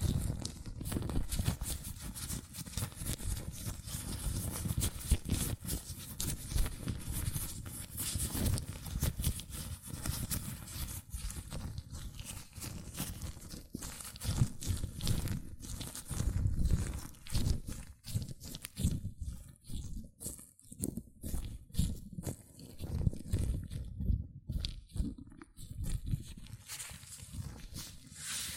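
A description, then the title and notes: Hands rub and squeak in latex gloves with dense, continuous rustling and crinkling, and quick stretching snaps become choppier and more broken after twenty seconds. ASMR Latex Gloves Hand Sounds (No Talking).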